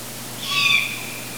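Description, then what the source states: Long-eared owl call, one strained, wheezy squeal lasting under half a second, with a steady low hum throughout. Juvenile.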